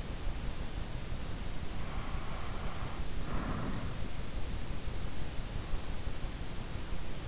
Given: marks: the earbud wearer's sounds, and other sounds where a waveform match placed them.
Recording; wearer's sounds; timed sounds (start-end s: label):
sounds in sleep by an in-ear microphone; breath
2.89-4.78 s: breath